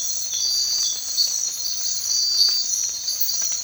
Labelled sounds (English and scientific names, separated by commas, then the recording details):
none
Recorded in secondary vegetation near Puerto Asís, Putumayo, Colombia, on 8 March 2025 at 05:30
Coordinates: 0.499, -76.323
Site G094